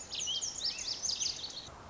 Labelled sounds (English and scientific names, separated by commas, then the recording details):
Lazuli Bunting (Passerina amoena)
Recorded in Sonoma County, California